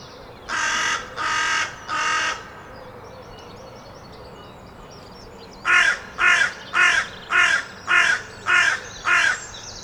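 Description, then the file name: Carrion crow with a burst of three coarse caws, a pause, then a steady series of seven rasping caws. "Corvus corone"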